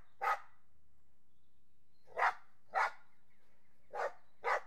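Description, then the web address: Dog giving a single bark, a pause, then four more sharp barks in a loose series. Border Collies and Labradors playing. "BBC Sound Effects Library Horses Dogs Border Collies And Labs Playing"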